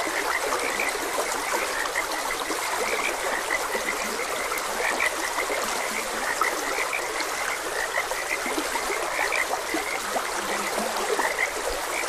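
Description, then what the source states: Frogs croaking, many short repeated calls blending into a steady chorus over the even rush of a stream. Frogs croaking beside a gentle stream.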